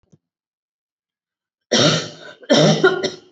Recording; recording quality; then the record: heavy voluntary cough; excellent, no background noise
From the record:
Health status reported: COVID-19 positive, moderate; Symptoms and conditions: cough, sore throat, fatigue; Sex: female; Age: 48 years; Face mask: not worn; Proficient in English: no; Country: India